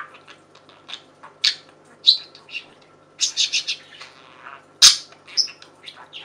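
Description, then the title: Budgerigar calls: scattered chirps and scratchy notes, a buzzy burst of warbling, and one loud sharp squawk near the end. "Budgie Sounds"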